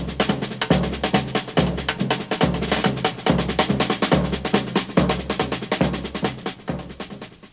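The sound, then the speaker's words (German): Samba percussion: a tom-tom beats out a steady, repeating low pattern while a small snare drum rattles off quick, crisp strokes over it, both playing continuously and fairly loud with no voices. “Dann wurde die Pfeife von der kleinen Trommel abgelöst.”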